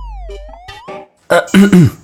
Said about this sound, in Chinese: 袁子峰还欲多说，李琴书却清了清嗓子打断了他。